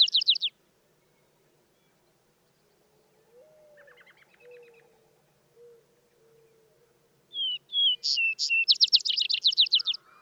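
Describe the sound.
Vesper sparrow song: the tail of one trill opens, a fainter buzzy trill sounds midway, then a full phrase of clear whistles ending in a fast sparkling trill.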